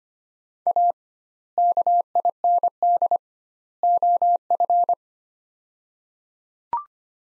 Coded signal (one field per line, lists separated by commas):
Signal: Morse code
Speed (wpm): 25 wpm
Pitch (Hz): 700 Hz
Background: none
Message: A KIND OF